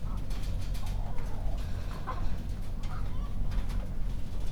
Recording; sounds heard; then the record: poultry house recording; sick chickens (respiratory disease)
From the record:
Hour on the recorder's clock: 0